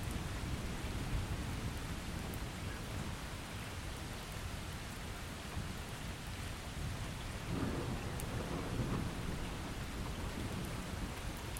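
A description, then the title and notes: Rain falls steadily and densely throughout, a constant hiss filling the highs with a heavy low-end roar underneath. Around the eighth second a brief swell of deeper rumble rises, likely thunder, before settling back into the continuous downpour. Thunderstorm Rain Storm Rumble Ambience.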